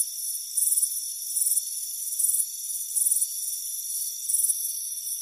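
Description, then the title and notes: Cricket chirps: bright, rasping high bursts repeating at short intervals above a continuous shrill background trill. "Soothing Crickets Chirping Sound. It's a warm afternoon as you relax in a hammock on the front porch. Relax and fall asleep to the soothing sound of chirping crickets"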